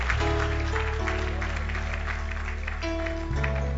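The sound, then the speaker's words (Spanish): An audience at a sermon gives a strong round of applause for the power of God, clapping steadily for a few seconds, a dense wash of hand claps over sustained keyboard chords that shift pitch partway through. “Aquellos que creen en el poder de Dios, denle un fuerte aplauso.”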